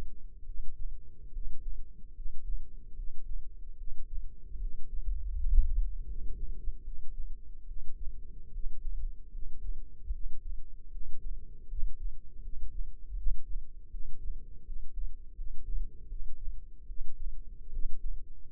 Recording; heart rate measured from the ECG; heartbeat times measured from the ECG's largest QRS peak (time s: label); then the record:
heart sounds by microphone in the left ear; 76 bpm
0.45 s: heartbeat
1.32 s: heartbeat
2.13 s: heartbeat
2.94 s: heartbeat
3.76 s: heartbeat
4.58 s: heartbeat
5.34 s: heartbeat
6.06 s: heartbeat
6.83 s: heartbeat
7.66 s: heartbeat
8.51 s: heartbeat
9.30 s: heartbeat
10.11 s: heartbeat
10.90 s: heartbeat
11.67 s: heartbeat
12.41 s: heartbeat
13.15 s: heartbeat
13.90 s: heartbeat
14.64 s: heartbeat
15.34 s: heartbeat
16.07 s: heartbeat
16.86 s: heartbeat
17.70 s: heartbeat
18.51 s: heartbeat
From the record:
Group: healthy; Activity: rest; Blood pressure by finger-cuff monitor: 101/76 mmHg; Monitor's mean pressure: 84 mmHg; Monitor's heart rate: 76 bpm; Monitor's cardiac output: 5.5 L/min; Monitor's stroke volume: 70 mL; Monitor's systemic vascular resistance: 1130 dyn s/cm5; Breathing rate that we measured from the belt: 18 breaths a minute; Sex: male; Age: 21 years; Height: 170 cm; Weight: 71 kg